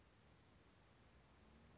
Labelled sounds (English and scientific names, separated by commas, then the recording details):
California Towhee (Melozone crissalis)
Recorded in Sonoma County, California